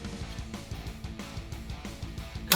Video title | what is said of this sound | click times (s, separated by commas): Fanhome Power Rangers Build A Megazord Issues 12 and 13 | couple of screw hole oh snaps into place | 2.5 s